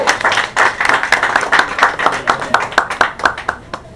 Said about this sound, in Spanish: Los dejo entonces con …. Un aplauso para ellos, por favor, para que empiecen como corresponde.